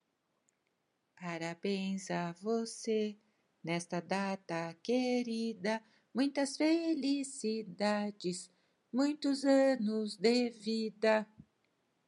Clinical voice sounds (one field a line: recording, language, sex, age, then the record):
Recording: short text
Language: Brazilian Portuguese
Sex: female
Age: 60 to 69 years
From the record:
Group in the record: control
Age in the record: 62 years